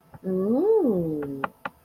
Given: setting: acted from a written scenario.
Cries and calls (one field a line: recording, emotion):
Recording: vocal sound without words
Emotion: interest